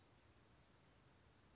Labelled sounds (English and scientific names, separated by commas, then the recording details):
Western Flycatcher (Empidonax difficilis)
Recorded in Sonoma County, California